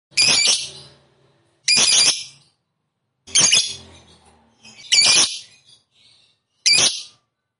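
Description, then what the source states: Lovebird squawks: five harsh, raspy high screeches, each about half a second, spaced roughly every one and a half seconds with silence between. Fighter-type lovebird, described as gacor (in full, active song).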